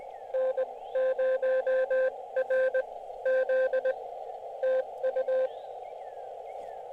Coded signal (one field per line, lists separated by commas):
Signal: Morse code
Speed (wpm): 20 wpm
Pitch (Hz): 520 Hz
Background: none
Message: N0RZ TU